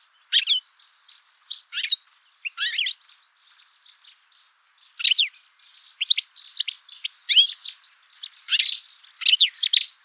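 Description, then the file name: European goldfinch calls: bright, liquid twittering notes in quick bursts, some sliding down, coming in uneven clusters throughout. "Carduelis carduelis"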